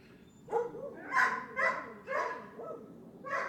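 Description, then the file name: Dog barking in a quick series of five or six harsh barks, roughly twice a second, after a brief quiet start. More than one dog barking. "17-Dogs barking"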